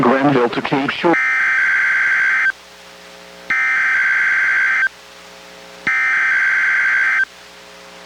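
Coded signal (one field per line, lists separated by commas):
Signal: Emergency Alert System (SAME) tones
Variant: header bursts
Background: speech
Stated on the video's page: NWR Required Weekly Test issued by NWS Portland, relayed by station KEC91, recorded from a Reecom R-1630 weather radio via Zoom H1 recorder.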